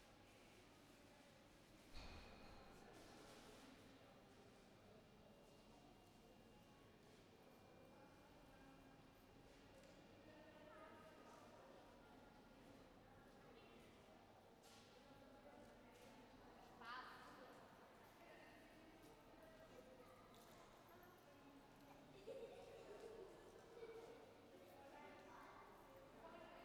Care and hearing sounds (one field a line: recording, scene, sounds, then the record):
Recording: everyday scene through a hearing-aid microphone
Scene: reverberant space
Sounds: background noise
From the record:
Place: railway station hall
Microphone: behind the ear, right, rear